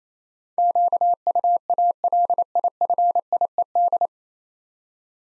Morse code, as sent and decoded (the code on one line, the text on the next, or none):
--.- ..- .- .-.. .. ..-. .. . -..
QUALIFIED